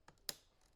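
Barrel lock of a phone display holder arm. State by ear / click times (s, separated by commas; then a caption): released / 0.3 s. A key is inserted into and turned in the barrel lock of an XD Guardian Universal phone display holder arm for a track/slot fixture. A faint tick at 0.1 s is followed by a sharp, bright click at 0.3 s as the lock releases and opens.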